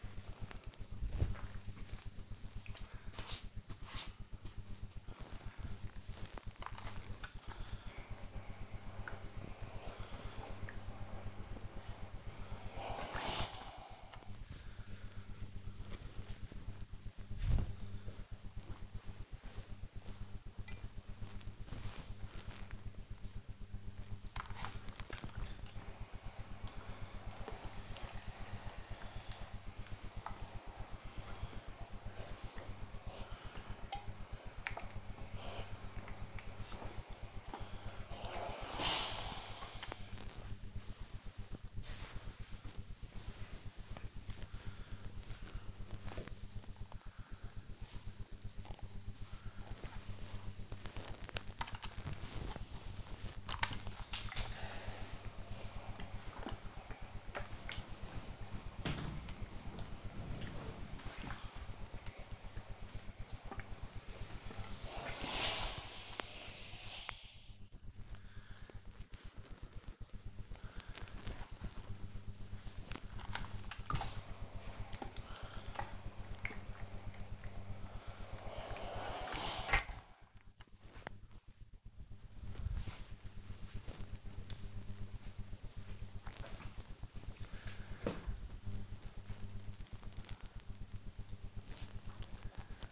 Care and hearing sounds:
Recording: household activities, microphone on the right wrist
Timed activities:
0.00-87.60 s: ironing laundry

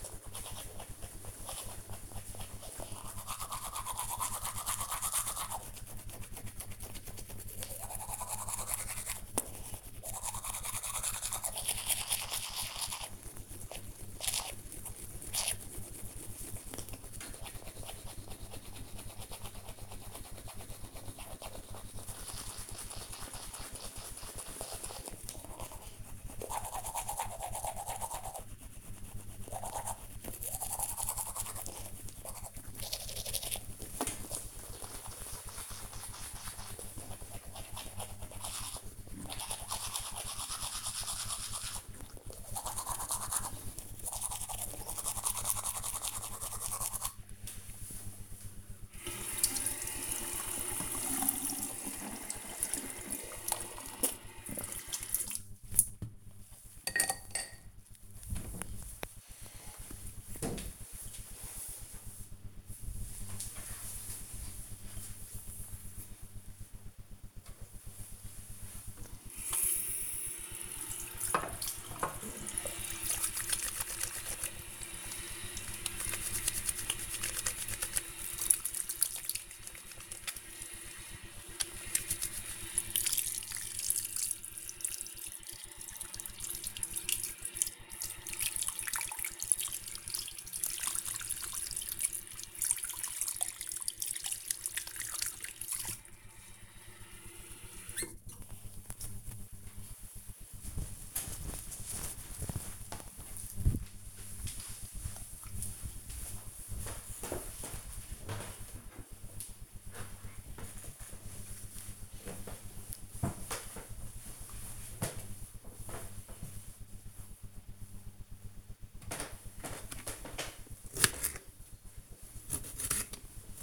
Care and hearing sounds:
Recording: household activities, microphone on the right wrist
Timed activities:
0.00-57.69 s: brushing teeth
66.75-98.99 s: washing hands
118.08-123.63 s: cutting vegetables

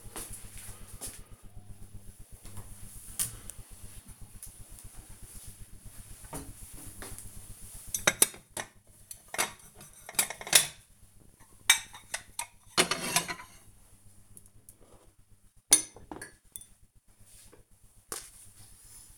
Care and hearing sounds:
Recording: household activities, microphone on the right wrist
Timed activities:
1.51-19.17 s: putting away the dishes

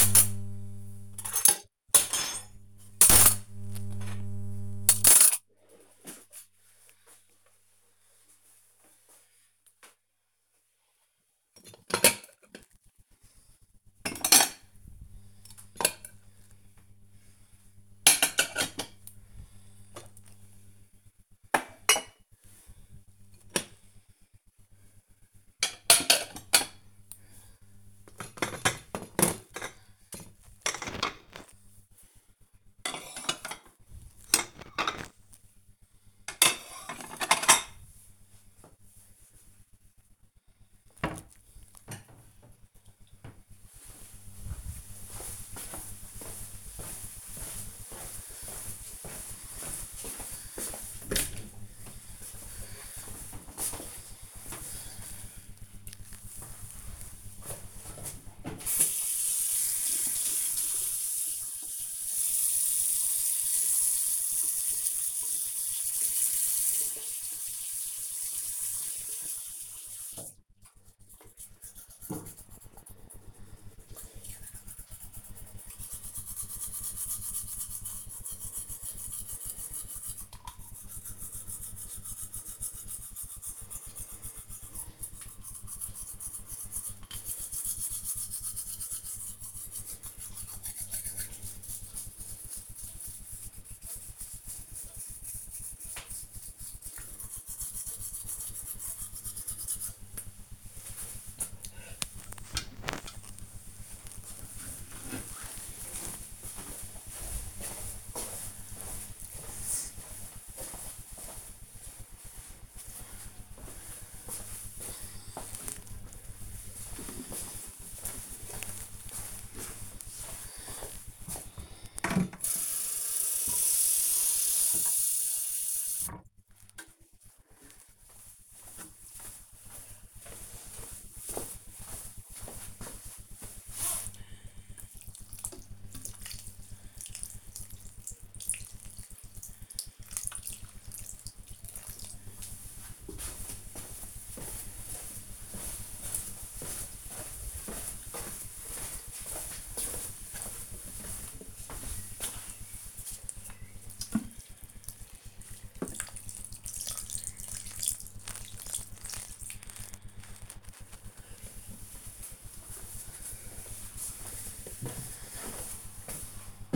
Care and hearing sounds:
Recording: household activities, microphone on the right wrist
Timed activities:
0.00-41.13 s: putting away the dishes
54.18-102.60 s: brushing teeth
114.67-161.01 s: watering plant

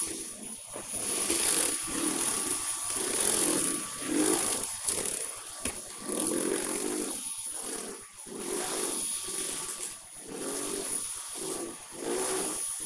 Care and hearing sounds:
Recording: household activities, microphone on the right wrist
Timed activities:
0.00-12.86 s: vacuum cleaning

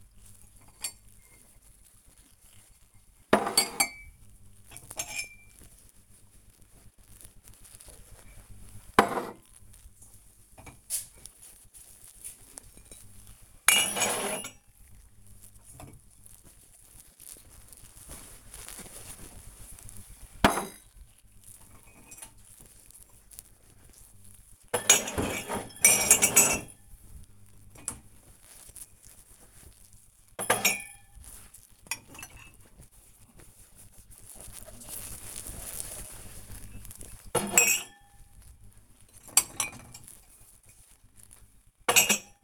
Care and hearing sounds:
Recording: household activities, microphone on the right wrist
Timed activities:
0.00-42.44 s: cleaning out the dishwasher

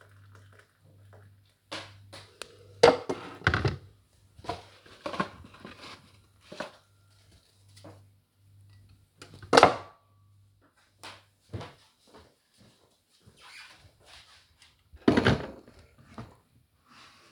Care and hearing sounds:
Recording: household activities, microphone on the right wrist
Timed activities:
0.00-12.33 s: making tea

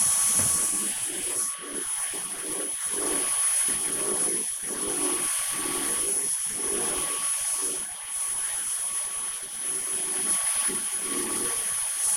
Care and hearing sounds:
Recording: household activities, microphone on the right wrist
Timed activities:
0.00-12.17 s: vacuum cleaning

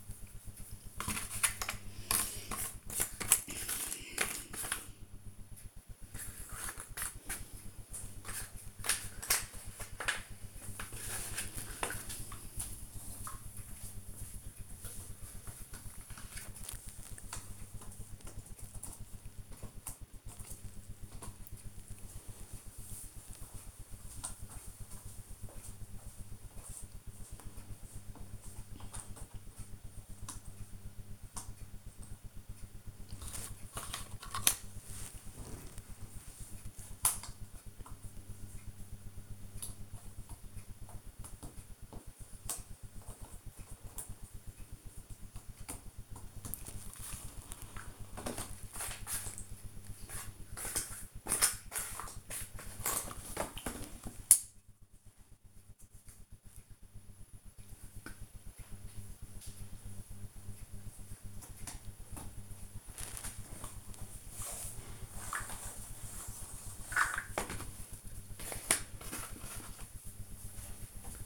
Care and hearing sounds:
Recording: household activities, microphone on the right wrist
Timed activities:
0.00-18.57 s: doing a puzzle
20.59-71.26 s: doing a puzzle

